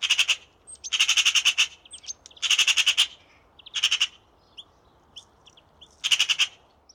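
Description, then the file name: Eurasian magpie giving harsh, rattling chatter in five bursts, each a rapid run of dry clacking notes, with short gaps and faint softer notes between. "Pica pica"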